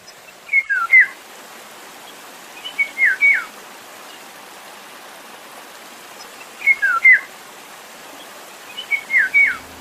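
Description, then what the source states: Eurasian golden oriole song: four short fluty whistled phrases, spaced a few seconds apart. Recording played as an example.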